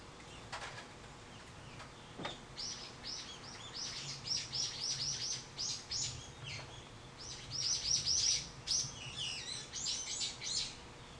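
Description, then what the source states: Bird chirping: a long run of quick, high, sharp notes, uneven in rhythm and sometimes clustered, over faint hiss. Recorded 24 March 2023.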